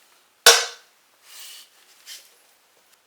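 After a rear wheel stud replacement on a BRZ, with the car lowered, a click-type torque wrench set to 80 ft-lbs tightens a lug nut on the rear hub's wheel stud. A single sharp, loud click at 0.5 s shows the wrench reaching its setting, followed by two quieter scraping sounds around 1.2–1.6 s and 2.1 s.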